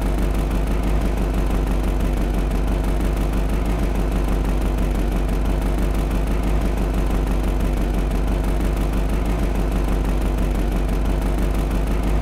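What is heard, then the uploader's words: A classic 1964 car engine idles steadily, its deep, even chugging repeating quickly and regularly throughout. The sound is low, with a heavy rumble underneath and a faint hiss on top, holding a constant level with no revving or breaks. Take a step back in time with the nostalgic sounds of a classic 1964 Cadillac engine idling. This episode features only the natural sounds of the engine with no dialogue or voice.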